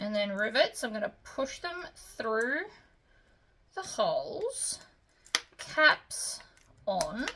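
Someone talks while handling metal rivets, pushing the rivet posts through the holes in a fabric strap and bringing the metal caps toward the posts. Only speech is heard, with faint handling noise in the pauses. Nothing has clicked or seated yet.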